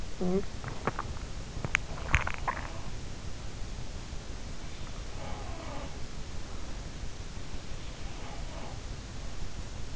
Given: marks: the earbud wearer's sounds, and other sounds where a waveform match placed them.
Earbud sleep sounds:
sounds in sleep by an in-ear microphone; talking in sleep, teeth grinding, swallowing
0.00-0.66 s: talking in sleep
0.66-2.59 s: teeth grinding
2.36-3.12 s: swallowing
5.02-6.67 s: sound from someone else or the room
7.55-8.92 s: sound from someone else or the room

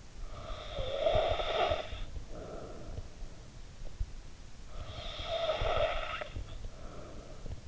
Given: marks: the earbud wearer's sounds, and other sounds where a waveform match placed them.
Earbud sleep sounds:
sounds in sleep by an in-ear microphone; snoring breath
0.00-3.08 s: snoring breath
4.51-7.57 s: snoring breath

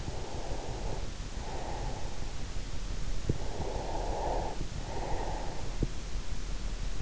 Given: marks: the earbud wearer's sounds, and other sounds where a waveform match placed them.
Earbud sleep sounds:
sounds in sleep by an in-ear microphone; breath
0.00-2.60 s: breath
3.25-5.97 s: breath

